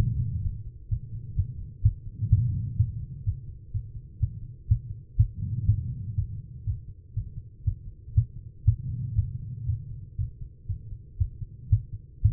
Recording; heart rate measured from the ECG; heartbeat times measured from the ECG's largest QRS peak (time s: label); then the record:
heart sounds by stethoscope; 122 bpm
0.43 s: heartbeat
0.89 s: heartbeat
1.36 s: heartbeat
1.83 s: heartbeat
2.30 s: heartbeat
2.77 s: heartbeat
3.24 s: heartbeat
3.72 s: heartbeat
4.20 s: heartbeat
4.68 s: heartbeat
5.17 s: heartbeat
5.66 s: heartbeat
6.15 s: heartbeat
6.65 s: heartbeat
7.14 s: heartbeat
7.64 s: heartbeat
8.14 s: heartbeat
8.65 s: heartbeat
9.15 s: heartbeat
9.66 s: heartbeat
10.16 s: heartbeat
10.67 s: heartbeat
11.18 s: heartbeat
11.70 s: heartbeat
12.22 s: heartbeat
From the record:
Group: healthy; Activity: rest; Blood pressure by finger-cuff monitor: 153/78 mmHg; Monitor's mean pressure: 96 mmHg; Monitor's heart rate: 125 bpm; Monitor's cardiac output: 10.2 L/min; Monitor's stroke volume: 81 mL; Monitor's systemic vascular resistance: 700 dyn s/cm5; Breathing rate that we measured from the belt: 18 breaths a minute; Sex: female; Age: 43 years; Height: 160 cm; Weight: 90 kg